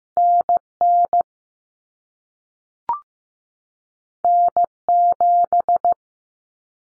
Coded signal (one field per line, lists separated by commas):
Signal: Morse code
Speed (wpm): 15 wpm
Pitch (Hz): 700 Hz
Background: none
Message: NN N7